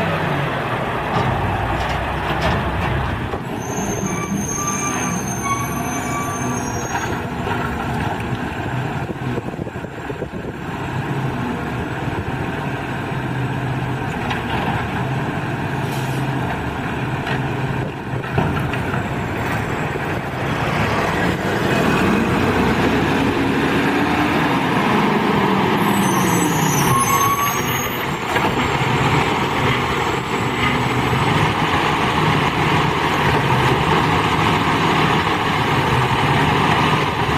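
A garbage truck's heavy engine rumbles steadily for the whole stretch, loud and dense with a low throbbing drone. High metallic squeals cut through around five seconds and again near twenty-seven seconds, and the engine note swells and shifts around twenty-two to twenty-five seconds.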